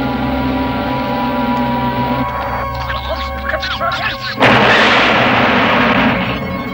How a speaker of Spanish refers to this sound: Explosión en la zona de seguridad. ¿Ha habido víctimas? Dos muertos y tres heridos, señor.